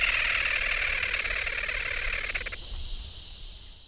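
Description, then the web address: Grey-breasted crake song: a fast, sharp trill of clipped notes that stops partway through, over a steady high-pitched insect drone. Song, eastern lowlands of South America. "Natures Songs S America Eastern Lowlands Laterallus exilis, song"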